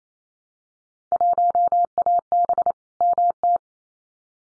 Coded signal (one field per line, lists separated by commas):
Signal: Morse code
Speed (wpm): 28 wpm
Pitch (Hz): 700 Hz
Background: none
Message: 1AB MT